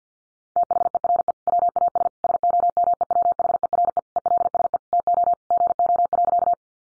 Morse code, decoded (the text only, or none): THERE WAS SOMEWHERE ELSE TO GO.